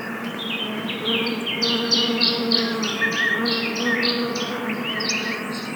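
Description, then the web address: Bees buzzing in a steady low hum with layered overtones, while small birds chirp and twitter in short high notes throughout. Bees recorded in woods. "best service Blue Box animals bees woods"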